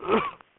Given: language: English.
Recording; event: throat vibration sensor signal played as sound; cough